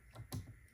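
A threaded bobbin is pushed again into a sewing machine's bobbin holder after a failed first try. A soft rustle comes before a sharp click at 0.3 s, and the bobbin seats in place.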